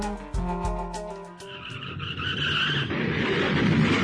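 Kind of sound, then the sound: vehicle, car skidding and crashing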